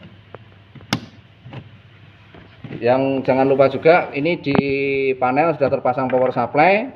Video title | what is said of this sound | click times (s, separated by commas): RUNNING TEXT HUIDU W00 | akan bunyi klik yang pertama yang kedua kita pasangkan juga | 0.9 s